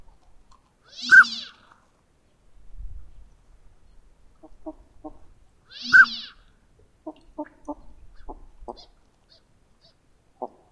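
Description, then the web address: Northern pintail calls: two loud, ringing notes with rich overtones about five seconds apart, with soft low sounds and faint short notes between and after. Common western North American species. "Songs of Birds of North America Know Your Bird Sounds. Northern Pintail"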